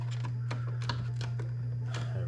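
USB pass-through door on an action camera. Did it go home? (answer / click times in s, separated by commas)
yes / 0.9 s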